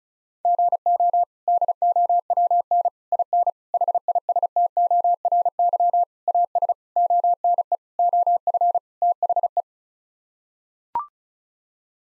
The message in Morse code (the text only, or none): GO DOWN IN HISTORY AS ONE OF THE